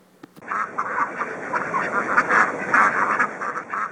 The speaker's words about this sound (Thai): กาบกาบกาบ เงียบนะเจ้าเป็ดเสียงของเจ้าทำให้แมลงตกใจหนีไปหมดแล้วไปไกลๆไป